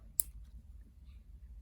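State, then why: Seated. An accessory is pushed into its mount on a Canon XA40 camcorder, and a single sharp click sounds at 0.2 s over a low, steady background hum. The accessory seats in the mount, though it then feels loose.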